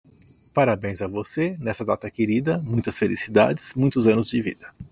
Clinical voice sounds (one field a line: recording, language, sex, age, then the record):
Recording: short text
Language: Brazilian Portuguese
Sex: male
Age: 50 to 59 years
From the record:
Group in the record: control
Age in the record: 52 years